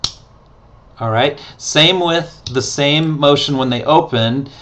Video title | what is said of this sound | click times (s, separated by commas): Concept Carriere® : How to open and close the SLX® Bracket system | closed position over the lollipop right here they're going to feel it click and they're going to hear it alright | 0.0 s